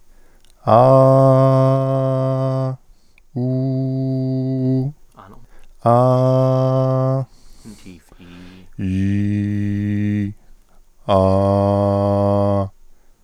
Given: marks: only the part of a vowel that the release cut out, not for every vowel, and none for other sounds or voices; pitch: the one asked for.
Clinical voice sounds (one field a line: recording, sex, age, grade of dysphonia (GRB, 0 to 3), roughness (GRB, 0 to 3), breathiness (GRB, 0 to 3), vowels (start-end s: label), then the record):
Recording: sustained vowels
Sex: male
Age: 30 to 39 years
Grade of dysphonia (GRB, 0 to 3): 1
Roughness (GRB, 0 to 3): 1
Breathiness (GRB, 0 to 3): 1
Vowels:
0.85-2.62 s: vowel /a/, high pitch
3.41-4.78 s: vowel /u/, high pitch
8.87-10.21 s: vowel /i/, low pitch
11.18-12.56 s: vowel /a/, low pitch
From the record:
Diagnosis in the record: healthy voice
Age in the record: 31 years